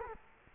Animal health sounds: mosquito wingbeat signal from an infrared sensor; Culex quinquefasciatus

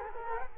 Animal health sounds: mosquito wingbeat signal from an infrared sensor; Culex quinquefasciatus

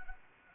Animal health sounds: mosquito wingbeat signal from an infrared sensor; Anopheles arabiensis

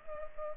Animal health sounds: mosquito wingbeat signal from an infrared sensor; Culex pipiens

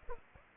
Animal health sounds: mosquito wingbeat signal from an infrared sensor; Aedes aegypti

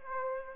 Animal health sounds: mosquito wingbeat signal from an infrared sensor; Aedes aegypti

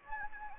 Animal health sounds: mosquito wingbeat signal from an infrared sensor; Anopheles gambiae

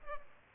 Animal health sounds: mosquito wingbeat signal from an infrared sensor; Culex pipiens

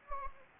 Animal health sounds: mosquito wingbeat signal from an infrared sensor; Anopheles gambiae

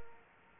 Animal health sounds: mosquito wingbeat signal from an infrared sensor; Aedes aegypti

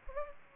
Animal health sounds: mosquito wingbeat signal from an infrared sensor; Culex pipiens

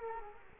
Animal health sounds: mosquito wingbeat signal from an infrared sensor; Culex quinquefasciatus

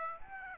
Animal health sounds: mosquito wingbeat signal from an infrared sensor; Aedes aegypti

